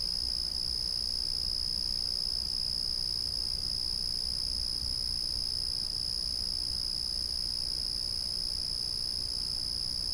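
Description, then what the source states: Cricket song as a level, unbroken high trill, very regular from start to finish, over gentle low background rumble. A single cricket calling steadily at night.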